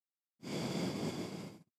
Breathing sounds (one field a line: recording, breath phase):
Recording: one breath near a microphone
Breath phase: exhalation